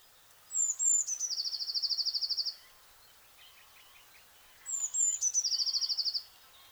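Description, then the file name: Eurasian blue tit calling twice, each time with thin high whistled notes sliding down, then a fast, even buzzy trill lasting about a second; quiet background. "Cyanistes caeruleus"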